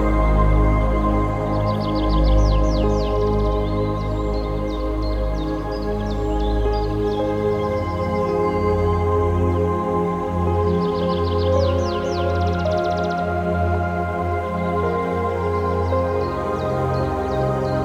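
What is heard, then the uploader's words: Classical music with birdsong: sustained, layered notes hold at a steady, even volume, with a low, rolling bass underneath. Small birds chirp in quick, bright trills around two to four seconds, again near six, and once more around twelve seconds. Gentle classical music track with the songs oof birdsong. Relaxing Classical Music with Birdsong.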